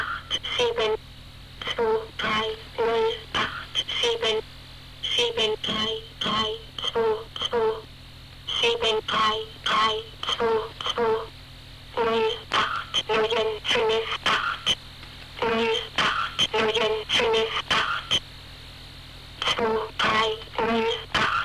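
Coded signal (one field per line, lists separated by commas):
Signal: numbers station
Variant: G02 Swedish Rhapsody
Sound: synthetic-sounding female voice reading short words in evenly paced groups with brief pauses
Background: radio hum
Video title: G02 Swedish Rhapsody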